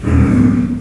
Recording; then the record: squeal of a Yucatan mini pig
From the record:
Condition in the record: after surgery on the right vocal fold (resection and tissue-engineered implant); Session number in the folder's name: 11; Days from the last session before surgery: 98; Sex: female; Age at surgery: 19 weeks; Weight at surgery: 25 kg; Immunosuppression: prednisolone